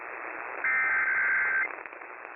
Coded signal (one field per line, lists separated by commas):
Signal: Emergency Alert System (SAME) tones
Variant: header bursts